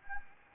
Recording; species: mosquito wingbeat signal from an infrared sensor; Anopheles arabiensis